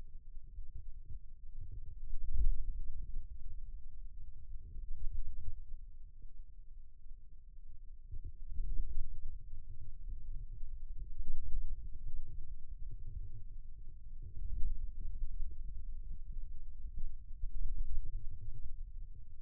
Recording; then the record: forearm muscle sounds (acoustic myography)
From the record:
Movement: ulnar deviation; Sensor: system 2, bracelet of six BSWA MPA416 microphones around the upper forearm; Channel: 1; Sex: male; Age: 22 years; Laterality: right